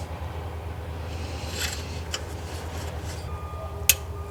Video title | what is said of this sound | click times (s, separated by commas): SHOP TRUCK! Finally finished the timing chain, intake, bologna! Forgot to install smog stuff. VPT | overtight there you hear a click | 3.9 s